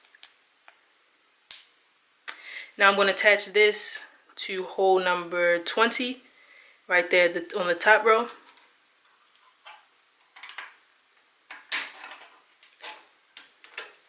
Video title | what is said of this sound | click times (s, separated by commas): Tutorial for VEX Robotics Dragster by HEXBUG | Sandwich everything together. Make sure you hear a click so you know everything is connected. | 11.7 s, 13.4 s